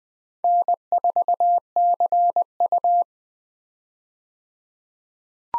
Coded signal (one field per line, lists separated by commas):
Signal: Morse code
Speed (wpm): 21 wpm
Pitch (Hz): 700 Hz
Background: none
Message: N4CU